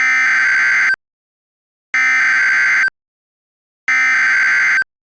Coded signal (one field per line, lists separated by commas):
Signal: Emergency Alert System (SAME) tones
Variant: header bursts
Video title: EAS Mock - Administrative Message for an Evacuation Immediate in Colorado!